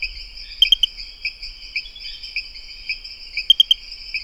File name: Pristimantis espedeus